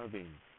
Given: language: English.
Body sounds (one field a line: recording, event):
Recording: throat vibration sensor signal played as sound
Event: speech